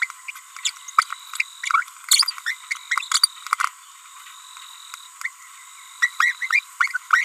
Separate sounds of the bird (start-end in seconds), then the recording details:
0.28-0.31, 0.65-0.70, 0.98-1.03, 1.63-1.83, 2.09-2.30, 2.46-2.53, 3.12-3.19, 3.23-3.26, 5.21-5.28, 6.02-6.08, 6.20-6.32, 6.42-6.59, 7.11-7.23. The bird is a female. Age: 30 days. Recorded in a nest box in Venezuela. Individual 17B42B3